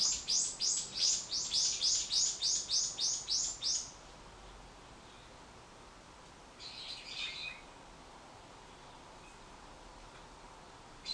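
Bird calls in a rapid run of about a dozen high, chirping notes over four seconds, followed after a pause by one short, noisy burst.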